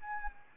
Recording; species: mosquito wingbeat signal from an infrared sensor; Anopheles arabiensis